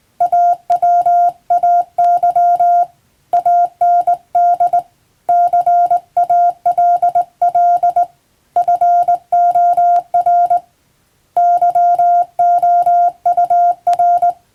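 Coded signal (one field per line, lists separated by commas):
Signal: Morse code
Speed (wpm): 20 wpm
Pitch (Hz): 700 Hz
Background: none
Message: AWAY AND CALL FOR YOUR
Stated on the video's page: Morse sent on the amateur bands by a first-class radiotelegraph operator using a telegraph key, as practice.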